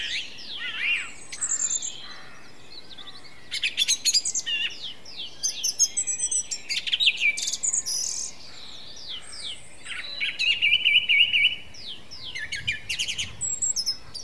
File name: Song Thrush